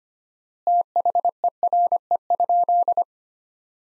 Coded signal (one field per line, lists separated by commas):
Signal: Morse code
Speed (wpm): 25 wpm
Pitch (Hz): 700 Hz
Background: none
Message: THERE?